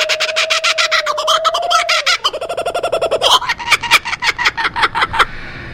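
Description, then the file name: Kookaburra laughing call, a dense run of rapid, harsh, chattering notes with a steady hooting tone underneath at first, then breaking into quick staccato cackles that trail off. "kookabura omkicau"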